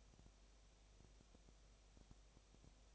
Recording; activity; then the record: daily activity, microphone in the room; no activity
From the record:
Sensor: 1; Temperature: 19.8 degrees Celsius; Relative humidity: 37.9%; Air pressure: 998.8 hPa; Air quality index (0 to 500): 233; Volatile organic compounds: 134 ppm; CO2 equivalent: 3948 ppm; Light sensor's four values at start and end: 1/2/1/1 and 1/2/1/1